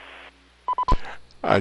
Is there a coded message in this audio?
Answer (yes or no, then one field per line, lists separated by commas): no